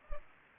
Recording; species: mosquito wingbeat signal from an infrared sensor; Culex pipiens